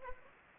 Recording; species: mosquito wingbeat signal from an infrared sensor; Anopheles gambiae